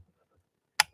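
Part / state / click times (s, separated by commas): metal part seated next to the hook of a sewing machine / seated / 0.8 s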